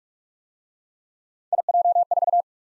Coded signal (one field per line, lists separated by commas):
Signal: Morse code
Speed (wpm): 41 wpm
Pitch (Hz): 700 Hz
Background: none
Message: IJ4